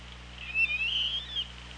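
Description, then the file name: Killer whale call, a single squealing harmonic call that wavers slightly in pitch over about a second, with steady background hiss. Recorded on the Orca Lab hydrophone, 24 August 2017 at 16:09. "Orca Lab UTLN JASON 20170824 160950"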